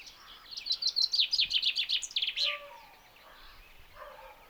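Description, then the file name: Common chaffinch song: a rapid series of bright notes falling in pitch, ending in a short flourish, with faint lower whistles afterwards. "Fringilla coelebs"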